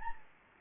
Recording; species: mosquito wingbeat signal from an infrared sensor; Anopheles gambiae